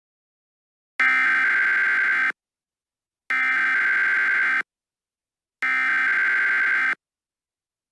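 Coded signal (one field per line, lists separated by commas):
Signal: Emergency Alert System (SAME) tones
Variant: header bursts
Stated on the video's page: Fictional EAS scenario, audio generated with Audacity alongside text-to-speech voices.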